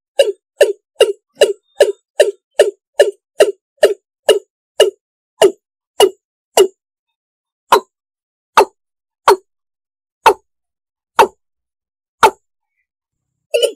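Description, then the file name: Frog giving a fast series of clipped, knocking calls that gradually slow and spread apart, ending with one last call after a pause. "tieng ga dong"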